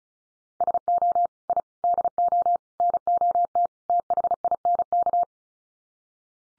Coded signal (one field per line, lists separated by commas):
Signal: Morse code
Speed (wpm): 34 wpm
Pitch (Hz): 700 Hz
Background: none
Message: SO I DO NOT THINK